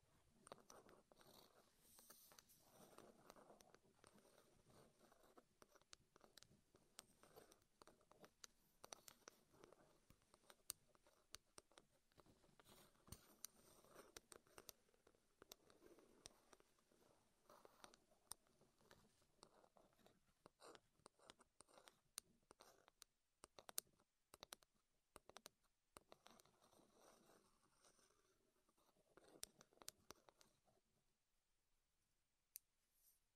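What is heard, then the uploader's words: Wooden tapping and scratching triggers fill the recording with dense, irregular clicks and light patter, some sharp knocks standing out around the middle and near 24 seconds. Soft brushing textures run underneath, and the sounds thin out after about 31 seconds. ASMR Wood Triggers in Your Ears (No Talking).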